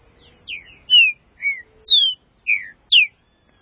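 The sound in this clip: Green-winged saltator song: six clear downslurred whistled notes, loud and rich against a quiet background.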